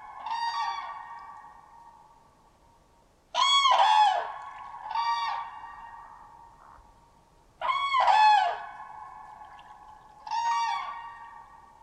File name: Common Crane